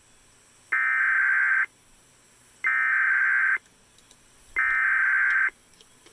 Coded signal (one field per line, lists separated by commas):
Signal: Emergency Alert System (SAME) tones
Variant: header bursts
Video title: EAS 1714 TOR NWS Tulsa